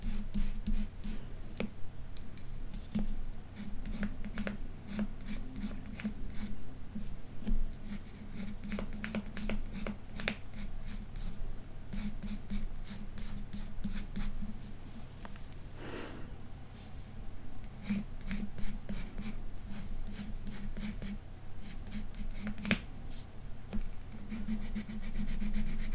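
Dry tapping, scratching and light brushing strokes repeat steadily over a low hum, with brief sharper clicks throughout.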